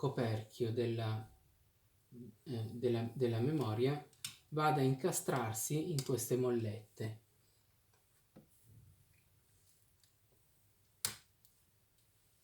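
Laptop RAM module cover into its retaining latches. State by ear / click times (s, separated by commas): seated / 11.1 s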